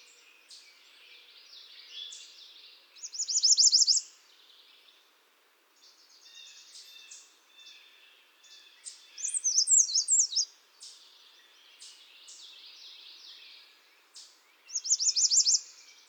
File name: Setophaga ruticilla